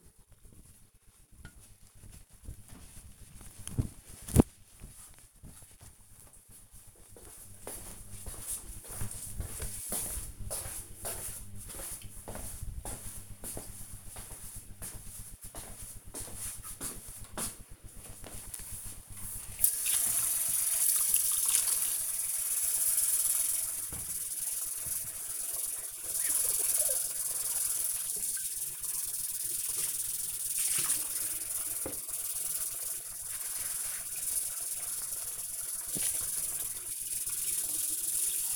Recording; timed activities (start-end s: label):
household activities, microphone on the right wrist
16.46-38.55 s: washing dishes